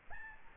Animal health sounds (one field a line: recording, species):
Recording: mosquito wingbeat signal from an infrared sensor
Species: Aedes albopictus